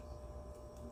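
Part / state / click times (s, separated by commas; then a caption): plastic model part into a scale model Jeep body / not seated / none. A plastic part of a scale model Jeep is being pressed into its mounting on the model body during final assembly. Only a steady low-pitched rumble with faint broadband hiss is heard, with no sharp hits. Nothing has seated or clicked yet.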